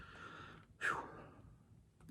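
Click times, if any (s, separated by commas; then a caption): none. A plastic hand is being worked onto the wrist peg of a NECA horror action figure, with faint handling noise and a soft breathy burst around 0.8 to 1.0 seconds. Nothing has seated or clicked yet.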